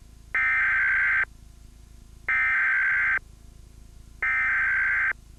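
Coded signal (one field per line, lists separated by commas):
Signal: Emergency Alert System (SAME) tones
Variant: header bursts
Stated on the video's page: Real Emergency Alert System AMBER child abduction activation from Florida, recorded from broadcast.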